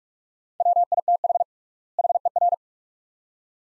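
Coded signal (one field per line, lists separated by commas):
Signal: Morse code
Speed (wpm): 47 wpm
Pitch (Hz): 700 Hz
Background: none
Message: WITH HER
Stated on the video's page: Morse practice drill at 45 wpm, sets of two words with 3x word spacing, a word-based method analogous to Farnsworth.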